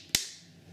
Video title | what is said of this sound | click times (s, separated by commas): Best Waterproof Case for iPhone 5 part 3 | set snaps right in | 0.1 s